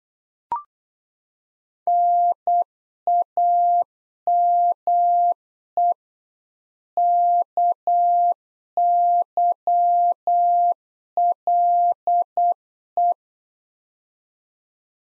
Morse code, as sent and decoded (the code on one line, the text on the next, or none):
-. .- -- . / -.- -.-- .-.. .
NAME KYLE